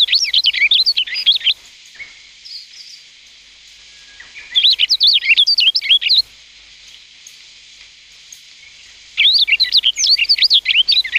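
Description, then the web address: Rustic bunting song, three separate phrases of hurried, tinkling warbled notes, each lasting a second or two, with quiet gaps between them. "sikioto. kashiradaka"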